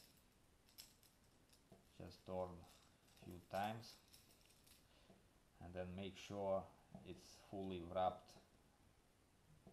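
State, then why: Not seated. A metal snap clip on a stainless wire trace is handled after the line has been wrapped, while someone talks throughout. A brief metallic tick comes near 0.8 s, with light jangling handling noise in the pauses. The clip has not clicked closed yet and nothing has seated.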